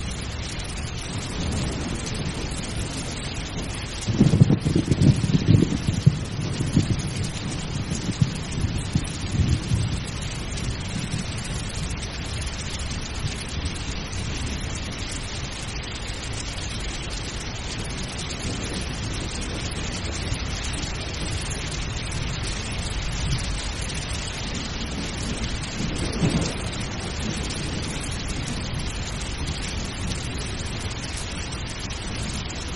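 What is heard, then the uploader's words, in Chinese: Steady, dense rain hisses throughout while a deep thunder rumble rolls in around five seconds and a fainter one near twenty-six. 助眠雷雨声 平静的雨声。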